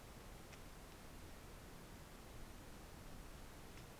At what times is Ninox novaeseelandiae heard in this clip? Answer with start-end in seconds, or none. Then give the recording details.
none. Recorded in New Zealand on 4 June 2017. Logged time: 19:01. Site Taranaki